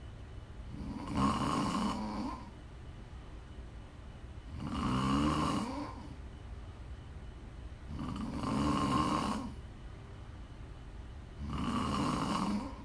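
Prime ASMR snoring from an adult sleeper: slow, rhythmic snores, about four in thirteen seconds, each a low, buzzing snore lasting around a second and a half, with quiet breathing pauses between them.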